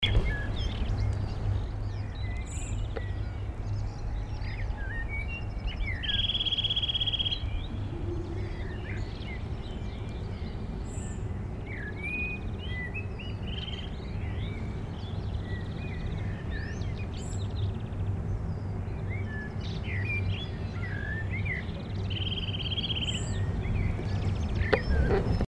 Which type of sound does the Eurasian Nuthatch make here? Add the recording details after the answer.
song. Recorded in the wild. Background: Fringilla coelebs, Turdus merula. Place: Garmisch-Partenkirchen, Bayern, DE. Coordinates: 47.4933, 11.0636. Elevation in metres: 786. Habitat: mountains. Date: 1980-04-01. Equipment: Uher 4000, Sennheiser MKH 415 T. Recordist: Tretzel, Erwin. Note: Almhütte, Garmisch-Partenkirchen: Gesang - Trillern